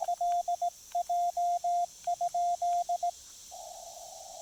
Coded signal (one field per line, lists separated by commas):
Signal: Morse code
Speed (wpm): 19 wpm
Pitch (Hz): 700 Hz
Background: radio noise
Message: LJ?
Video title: POTA Field Report: QRP (and DX) fun with the Discovery TX-500 & MFJ-1984LP EFHW